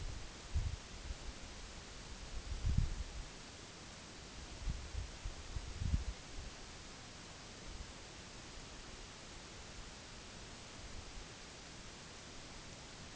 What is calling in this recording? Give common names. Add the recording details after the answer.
none. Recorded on Arctic tundra, site NAIT-1, on 2 July 2019. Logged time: 18:00